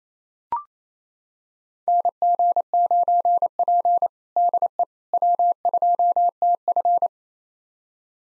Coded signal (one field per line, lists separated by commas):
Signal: Morse code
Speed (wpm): 28 wpm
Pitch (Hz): 700 Hz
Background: none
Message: NG9P DE W2TF